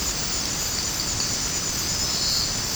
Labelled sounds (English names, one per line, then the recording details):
none
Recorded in secondary vegetation near Puerto Asís, Putumayo, Colombia, on 13 March 2025 at 22:30
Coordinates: 0.481, -76.318
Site G097